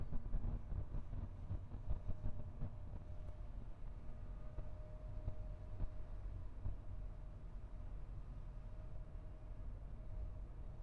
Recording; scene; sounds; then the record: everyday scene through a hearing-aid microphone; in a vehicle; engine, highway driving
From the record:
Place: Skoda Fabia, gasoline engine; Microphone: behind the ear, left, front